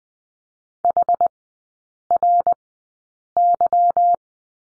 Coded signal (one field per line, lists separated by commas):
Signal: Morse code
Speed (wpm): 20 wpm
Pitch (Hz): 700 Hz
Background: none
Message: HRY